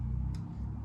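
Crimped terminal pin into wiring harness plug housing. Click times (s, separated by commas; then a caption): 0.4 s. A crimped metal terminal pin is pushed back into its cavity in a plastic wiring harness plug until its locking tang catches. A short, faint, bright click sounds at 0.4 s over a steady low hum. The pin is latched and seated in the housing.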